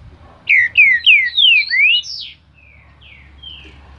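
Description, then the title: Green-winged saltator song: five loud, slurred whistles in quick succession, followed by a few softer, thinner notes. Singing bird of breeder Cléber; song labelled as voice type 07. "Canto De Trinca Ferro Voz 07. TRINCA FERRO CANTADOR CRIADOR CLÉBER"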